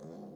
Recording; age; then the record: pig call; piglet (1 to 25 days)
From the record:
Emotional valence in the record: negative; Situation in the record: long isolation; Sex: female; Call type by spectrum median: low-frequency call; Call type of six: low-frequency modulated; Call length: 0.36 s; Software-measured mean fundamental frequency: 51 Hz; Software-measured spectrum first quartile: 210 Hz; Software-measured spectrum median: 344 Hz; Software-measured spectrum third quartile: 561 Hz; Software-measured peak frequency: 211 Hz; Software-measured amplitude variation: 88 dB a second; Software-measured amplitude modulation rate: 30.8 a second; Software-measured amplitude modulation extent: 2.9 dB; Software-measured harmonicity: 1.1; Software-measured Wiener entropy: 0.20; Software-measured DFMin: 1576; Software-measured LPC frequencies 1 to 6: 471, 3496, 4340, 5167, 6192, 7594 Hz